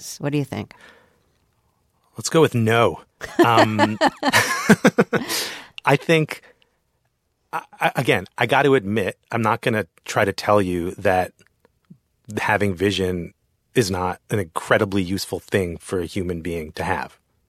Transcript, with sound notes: What do you think?
Let's go with no.
(LAUGHTER)
I think, again, I got to admit - I'm not going to try to tell you that having vision is not an incredibly useful thing for a human being to have